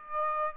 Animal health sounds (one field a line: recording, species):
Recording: mosquito wingbeat signal from an infrared sensor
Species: Aedes aegypti